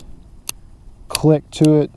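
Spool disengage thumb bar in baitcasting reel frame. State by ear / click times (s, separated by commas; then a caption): seated / 0.5 s. A spool-disengage thumb bar on a Goture Ares Max baitcasting reel (6.3:1, 22 lb drag, aluminum frame, cork handles) is pressed down into its engaged casting position, giving a short, sharp, bright click at 0.5 s. Someone then talks. The thumb bar seats firmly with a sturdy, clean click, so the reel is ready to cast without the bar popping back up.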